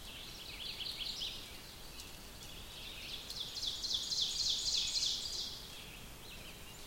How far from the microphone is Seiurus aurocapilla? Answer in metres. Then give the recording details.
about 50 m. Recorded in boreal forest in Alberta, Canada, on 5 June 2016 at 08:07. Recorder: SongMeter 3, array SBT-3-51. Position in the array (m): 244 m, 124 m. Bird 28